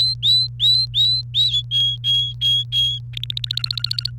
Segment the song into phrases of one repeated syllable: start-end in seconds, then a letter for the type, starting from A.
0.00-1.62 A, 1.71-2.99 B, 3.13-4.10 C